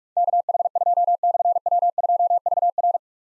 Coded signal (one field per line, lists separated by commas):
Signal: Morse code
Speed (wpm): 44 wpm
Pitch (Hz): 700 Hz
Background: none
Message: KH2/W2VR